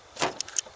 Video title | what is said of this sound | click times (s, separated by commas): MAB .32acp model GZ | thought it was seated right there but it wasn't | 0.4 s, 0.6 s